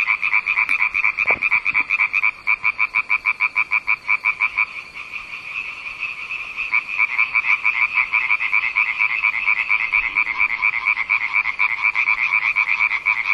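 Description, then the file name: Fast frog croaking, loud rhythmic notes at first, a softer stretch around the middle, then an unbroken rapid chorus to the end. "zaby"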